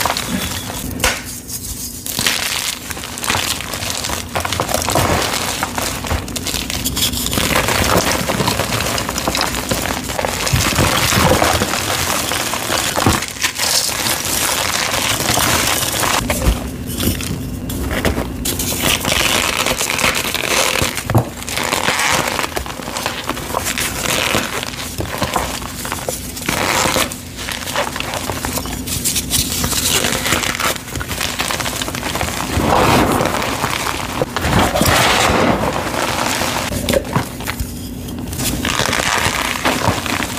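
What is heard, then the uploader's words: Pink dyed gym chalk is crushed in a dense, continuous crackle of crisp crunches, with brief quieter pauses near 2, 17 and 38 seconds. Pink Dyed Gym Chalk Crushing. Satisfying ASMR sounds of crispy pink dyed gym chalk crushes.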